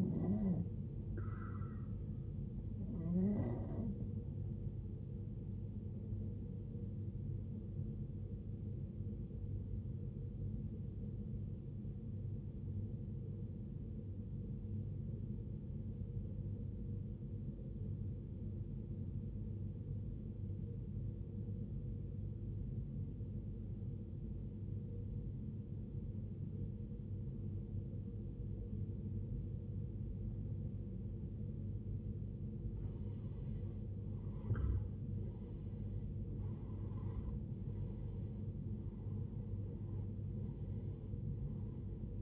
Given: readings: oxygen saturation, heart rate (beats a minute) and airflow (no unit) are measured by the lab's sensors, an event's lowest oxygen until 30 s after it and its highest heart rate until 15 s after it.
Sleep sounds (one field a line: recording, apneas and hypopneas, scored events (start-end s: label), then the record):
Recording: breathing in sleep by a smartphone at the bedside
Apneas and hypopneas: 1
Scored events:
12.00-31.70 s: obstructive apnea (N1, oxygen 94% highest, then 81% lowest, heart rate 66 at the start, 76 highest)
14.00-42.22 s: new sleep stage, N2 (light sleep)
From the record:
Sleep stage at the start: N1 (lightest sleep)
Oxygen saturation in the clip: 84 to 94%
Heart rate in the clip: 59 to 76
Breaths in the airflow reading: 6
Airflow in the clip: -15.7 to 16.8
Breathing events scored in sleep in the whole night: 389 in 6.3 hours asleep